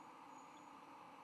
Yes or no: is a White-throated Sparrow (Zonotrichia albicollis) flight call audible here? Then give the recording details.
no. No flight call is heard. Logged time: 10:34 on 10 November 2014